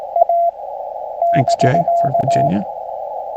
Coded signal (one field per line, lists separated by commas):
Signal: Morse code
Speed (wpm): 18 wpm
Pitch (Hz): 680 Hz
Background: speech, radio noise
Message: A <BK>